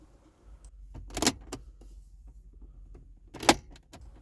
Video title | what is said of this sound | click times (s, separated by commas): Como sacar guantera superior Toyota Corolla 2008 2013 | Una vez que sentimos esos ruidos, ya está. | 1.3 s, 3.5 s